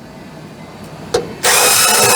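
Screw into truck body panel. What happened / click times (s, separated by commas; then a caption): A single knock, then the drill runs steadily with no clear slipping or grinding / 1.1 s. A screw is driven with a power drill into a truck body panel and strips the threads out of its hole, so the hole will have to be moved. A quiet hum gives way to a sharp snap at 1.1 s, then at about 1.4 s a loud, steady, high-pitched drill whine runs to the end. No one talks.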